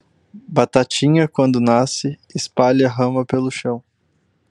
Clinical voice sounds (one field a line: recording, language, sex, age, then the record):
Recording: short text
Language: Brazilian Portuguese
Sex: male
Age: 20 to 29 years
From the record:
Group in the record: control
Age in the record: 29 years